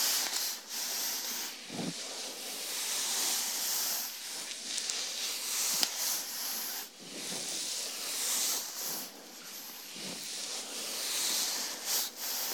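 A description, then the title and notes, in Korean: Steady bright scrubbing hiss from shampooing and hair brushing, swelling and easing in strokes, with soft low thumps near 2, 6 and 10 seconds. 토탈케어 F코스 ASMR (샴푸, 스킨케어, 두피마사지, 헤어브러싱).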